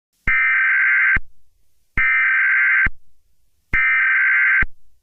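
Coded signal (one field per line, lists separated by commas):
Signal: Emergency Alert System (SAME) tones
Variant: header bursts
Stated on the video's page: Fictional EAS scenario.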